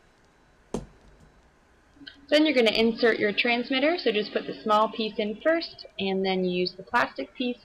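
The side buttons of a glucose sensor's plastic insertion device, on the body, are squeezed and the inserter is rocked forward until it pops out and releases. Two sharp clicks are heard at 0.7 s and 2.1 s, after which someone talks.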